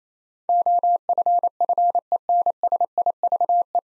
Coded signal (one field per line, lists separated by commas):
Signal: Morse code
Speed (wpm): 28 wpm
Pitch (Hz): 700 Hz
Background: none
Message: OFFENSIVE